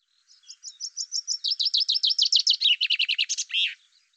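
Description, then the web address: Common chaffinch song: several high repeated notes accelerate into a rattling cascade of dropping notes, finished with a brief lower flourish at the end. "Deverinetal 2025 File cleaned normalized Bird Fr Co"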